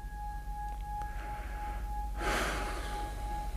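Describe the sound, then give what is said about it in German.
Heavy, strained breathing under increasing acceleration pressure during a spacecraft launch: a faint breath, then one loud, rough exhale, over a steady electronic hum and a constant low rumble. No one speaks. “Ruhig atmen.”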